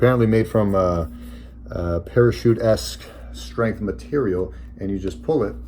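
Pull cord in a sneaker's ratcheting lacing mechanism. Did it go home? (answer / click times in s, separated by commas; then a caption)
no / none. Someone talks while handling the parachute-strength cord "ripcord" of a sneaker's strapless ratcheting lacing system, getting ready to pull it to tighten the shoe. A steady low hum runs underneath the voice. Nothing has clicked or seated yet.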